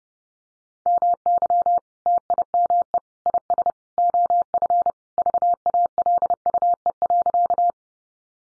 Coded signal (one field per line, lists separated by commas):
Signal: Morse code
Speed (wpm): 30 wpm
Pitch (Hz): 700 Hz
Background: none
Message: MY TIME IS OF VALUE.